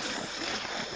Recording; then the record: coughing mixed with background sound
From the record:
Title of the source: Spring Cold Coughing.